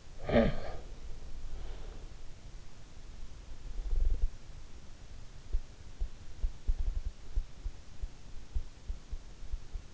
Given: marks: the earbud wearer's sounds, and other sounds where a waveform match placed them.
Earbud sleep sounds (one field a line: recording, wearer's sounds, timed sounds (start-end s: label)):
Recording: sounds in sleep by an in-ear microphone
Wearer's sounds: snoring breath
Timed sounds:
0.00-1.03 s: snoring breath